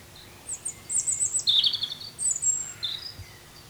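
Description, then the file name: European robin song: a run of very high, thin whistles, slurred notes and short trills that jump between pitches over about three seconds. "Erithacus rubecula"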